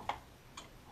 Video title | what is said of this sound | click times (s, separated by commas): Johns stairlift operation | yourself around until it snaps into place | 0.1 s